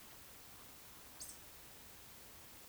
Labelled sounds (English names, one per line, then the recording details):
Eurasian Woodcock whistle
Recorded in Baden-Württemberg, Germany, on 30 June 2020 at 20:01 UTC
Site 49006, 684 m above sea level